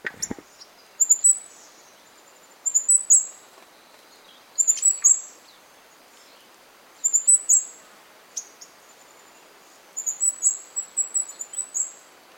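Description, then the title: Bird singing high, thin twittering bursts every two to three seconds, each a quick cluster of chirps, with a few sharp ticks in the quiet gaps. "LuckyKumpulan SuaraBurung"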